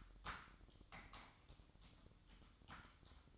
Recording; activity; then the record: daily activity, microphone in the room; typing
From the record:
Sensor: 3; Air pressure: 1007.6 hPa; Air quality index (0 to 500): 60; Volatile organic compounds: 1 ppm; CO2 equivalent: 611 ppm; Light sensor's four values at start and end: 11/26/11/11 and 11/26/11/11